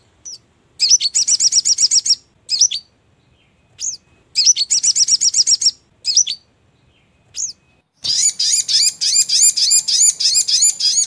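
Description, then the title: Brown-throated sunbird giving quick bursts of high chirps broken by single upswept notes, then a long, dense, fast trill of repeated notes. Masteran bird-song training recording, Labaik song variant. "Masteran Burung Sogok Ontong Labaik"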